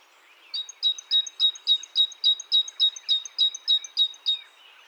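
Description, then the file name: Great tit giving a steady run of about fourteen bright, clipped high notes, evenly spaced at three to four per second, over a quiet background. "Parus major"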